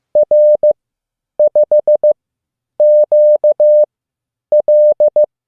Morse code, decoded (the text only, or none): R5QL